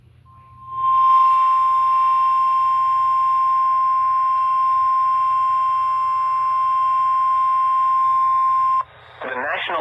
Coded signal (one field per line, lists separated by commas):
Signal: Emergency Alert System (SAME) tones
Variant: 1050 Hz attention tone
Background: speech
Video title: EAS #219 Severe Thunderstorm Warning on WXL58